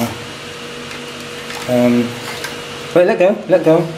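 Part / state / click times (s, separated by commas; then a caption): plastic crane arm into its raised locking position on a toy crane / not seated / none. Someone tries to raise the plastic arm of a Dickie Toys crane into its locking position while someone talks over a low steady hum. The arm fails to lock up, and nothing has seated or clicked yet.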